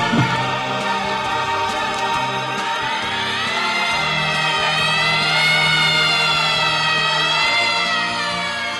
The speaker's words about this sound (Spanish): Fu interrotto da una sirena che correva lontano chissà dove. Io ebbi paura perché sempre, quando sento questo suono, penso a qualcosa di grave.